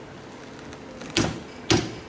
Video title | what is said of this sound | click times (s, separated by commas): DVM Introduction - Ultra high accuracy HPHT Density & Viscosity | and you'll hear the wrench click. Once it does | 1.2 s, 1.7 s